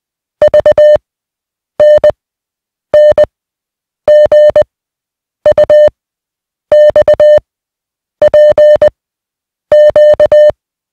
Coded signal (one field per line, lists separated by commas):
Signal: Morse code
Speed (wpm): 20 wpm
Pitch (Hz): 600 Hz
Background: music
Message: V N N G U X P Q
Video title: Morse Code Practice Set Two: Receiving 150 Groups of 1 (20WPM)